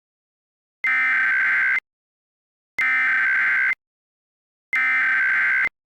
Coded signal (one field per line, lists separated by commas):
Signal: Emergency Alert System (SAME) tones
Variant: header bursts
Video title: EAS Scenario - WordWorld